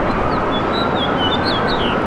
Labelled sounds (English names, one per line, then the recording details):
House Finch song
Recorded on Long Island, New York, on 13 June 2011
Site MH
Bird B